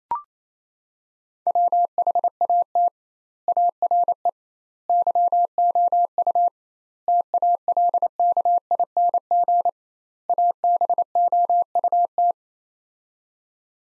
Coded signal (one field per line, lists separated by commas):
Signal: Morse code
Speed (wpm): 28 wpm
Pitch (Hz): 700 Hz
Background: none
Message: WHAT ARE YOU TALKING ABOUT